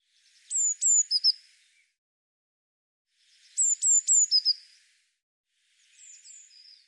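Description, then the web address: Eurasian blue tit with two clear bursts of high, thin descending notes trailing into a low buzzy flourish, then a fainter third phrase; no other sounds. "Deverinetal"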